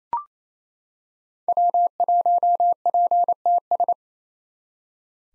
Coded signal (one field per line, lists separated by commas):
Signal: Morse code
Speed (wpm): 28 wpm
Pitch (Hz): 700 Hz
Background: none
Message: W1PTS